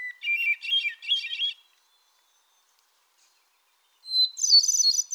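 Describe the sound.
Solitaire song: two quick, tumbling, fluty phrases with rapid trilled notes, split by a long silent pause.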